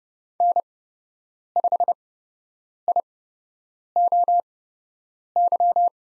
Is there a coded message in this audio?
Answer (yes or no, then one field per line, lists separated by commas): yes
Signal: Morse code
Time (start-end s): 0.4-5.9 s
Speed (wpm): 30 wpm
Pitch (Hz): 700 Hz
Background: none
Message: N5IOY